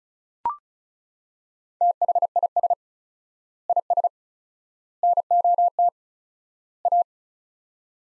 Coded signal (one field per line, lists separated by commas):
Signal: Morse code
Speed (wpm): 34 wpm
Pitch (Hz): 700 Hz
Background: none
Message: THIS IS NOT A